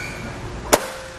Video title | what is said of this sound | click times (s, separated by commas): etrailer - Saris Hitch Bike Racks Review - 2019 Subaru Ascent SA772 | can fold down our arms till it locks into place | 0.7 s